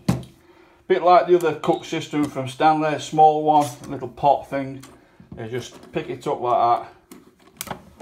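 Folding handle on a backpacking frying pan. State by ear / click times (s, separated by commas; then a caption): seated / 7.6 s. Someone talks while the folding handle on a lightweight stainless backpacking frying pan is lifted up. At 7.6 seconds there is a sharp click as the handle locks open into place, with a few lighter taps around it.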